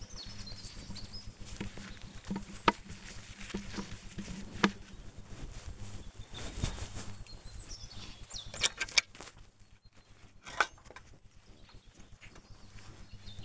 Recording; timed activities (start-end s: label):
household activities, microphone on the right wrist
0.00-13.45 s: working in the garden